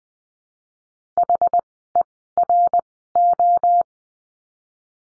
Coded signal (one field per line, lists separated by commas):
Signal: Morse code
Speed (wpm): 20 wpm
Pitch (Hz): 700 Hz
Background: none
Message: HERO